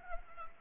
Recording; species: mosquito wingbeat signal from an infrared sensor; Culex pipiens